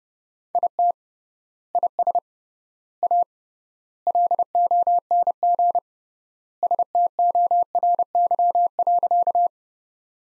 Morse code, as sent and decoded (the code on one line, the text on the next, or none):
.. - / .. ... / .- / .-.. --- -. --. / ... - --- .-. -.-- .-.-.-
IT IS A LONG STORY.